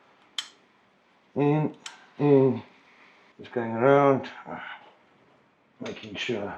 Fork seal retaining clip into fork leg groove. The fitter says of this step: that that clip, there you go, as you heard it,